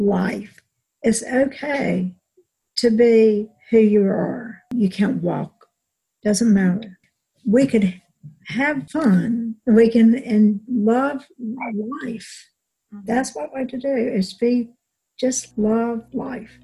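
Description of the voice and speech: Slow, halting speech with long pauses, stretched words and an ungrammatical phrase, fitting aphasia.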